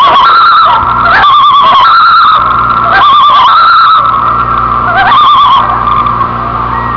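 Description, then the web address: Loon giving repeated rippling tremolo calls, several shaky bursts over a continuous long wail. "earco loons"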